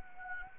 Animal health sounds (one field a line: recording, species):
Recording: mosquito wingbeat signal from an infrared sensor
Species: Anopheles arabiensis